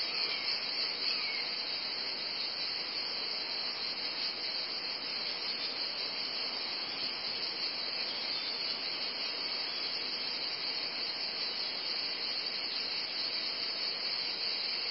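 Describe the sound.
Cicadas in a long, unchanging high buzz, with a faint brief sliding chirp near the start.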